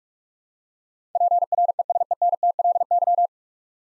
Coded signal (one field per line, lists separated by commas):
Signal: Morse code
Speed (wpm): 46 wpm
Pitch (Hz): 700 Hz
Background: none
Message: PRESENTLY